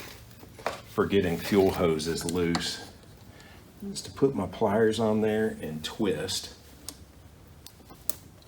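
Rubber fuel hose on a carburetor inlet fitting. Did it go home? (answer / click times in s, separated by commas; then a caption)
released / 8.1 s. Someone talks while twisting an old rubber fuel hose on the carburetor inlet fitting of a Kawasaki KLX140 dirt bike with pliers to break the seal. A few faint ticks follow, then a sharp pop at 8.1 s as the stuck seal breaks loose, freeing the hose to slide off.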